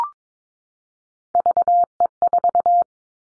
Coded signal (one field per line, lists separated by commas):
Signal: Morse code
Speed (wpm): 22 wpm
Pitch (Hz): 700 Hz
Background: none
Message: VE4